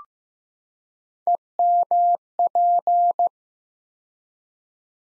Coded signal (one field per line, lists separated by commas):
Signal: Morse code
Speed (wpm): 15 wpm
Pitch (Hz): 700 Hz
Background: none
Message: EMP